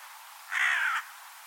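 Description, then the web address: Bird producing one drawn-out, hoarse call that slides gently downward in pitch, with steady faint hiss around it. "Deverinetal 2025 File origin Bird Only"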